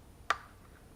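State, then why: Seated. A small male antenna micro coaxial connector is pressed into its tight female socket on the circuit board of a Hubsan 501S drone during a new antenna install. A single sharp click at 0.3 s shows the connector snapping into place and seating. No one talks within the clip.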